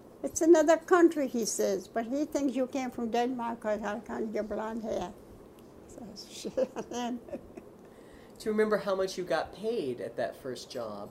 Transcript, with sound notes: "It's another country," he says, "But he thinks you came from Denmark because on account of your blonde hair." [Laughs]
Do you remember how much you got paid at that first job?